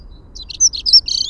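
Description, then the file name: Dunnock giving a quick jumble of thin, high, squeaky notes over a quiet background. "Prunella modularis - Dunnock"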